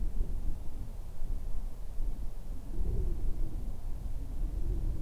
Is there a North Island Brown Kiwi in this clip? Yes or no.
no